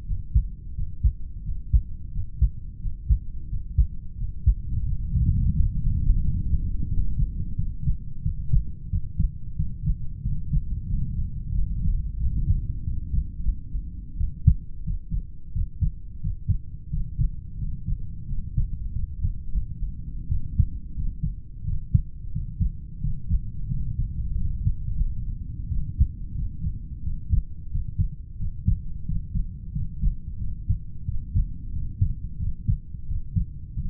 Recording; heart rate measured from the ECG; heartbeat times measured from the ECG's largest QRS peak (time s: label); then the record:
heart sounds by stethoscope; 89 bpm
0.04 s: heartbeat
0.73 s: heartbeat
1.42 s: heartbeat
2.10 s: heartbeat
2.79 s: heartbeat
3.47 s: heartbeat
4.16 s: heartbeat
4.84 s: heartbeat
5.52 s: heartbeat
6.19 s: heartbeat
6.87 s: heartbeat
7.54 s: heartbeat
8.21 s: heartbeat
8.89 s: heartbeat
9.55 s: heartbeat
10.21 s: heartbeat
10.86 s: heartbeat
11.52 s: heartbeat
12.16 s: heartbeat
12.83 s: heartbeat
13.41 s: heartbeat
14.16 s: heartbeat
14.82 s: heartbeat
15.52 s: heartbeat
16.20 s: heartbeat
16.89 s: heartbeat
17.57 s: heartbeat
18.25 s: heartbeat
18.92 s: heartbeat
19.49 s: heartbeat
20.27 s: heartbeat
20.94 s: heartbeat
21.64 s: heartbeat
22.31 s: heartbeat
23.00 s: heartbeat
23.67 s: heartbeat
24.34 s: heartbeat
24.93 s: heartbeat
25.68 s: heartbeat
26.34 s: heartbeat
27.02 s: heartbeat
27.70 s: heartbeat
28.37 s: heartbeat
29.04 s: heartbeat
29.71 s: heartbeat
30.37 s: heartbeat
31.04 s: heartbeat
31.71 s: heartbeat
32.38 s: heartbeat
33.06 s: heartbeat
33.74 s: heartbeat
From the record:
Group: heart failure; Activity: breath hold 0-12 s, rest 12-34 s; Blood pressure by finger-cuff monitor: 81/54 mmHg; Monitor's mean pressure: 60 mmHg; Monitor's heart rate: 87 bpm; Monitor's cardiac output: 7 L/min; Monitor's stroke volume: 80 mL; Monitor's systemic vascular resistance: 600 dyn s/cm5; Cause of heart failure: idiopathic cardiomyopathy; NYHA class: 2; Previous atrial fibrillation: present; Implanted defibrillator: present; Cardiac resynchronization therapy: present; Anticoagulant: warfarin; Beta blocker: metoprolol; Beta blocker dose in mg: 50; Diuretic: furosemide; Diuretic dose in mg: 40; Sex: male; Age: 62 years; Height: 184 cm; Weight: 101 kg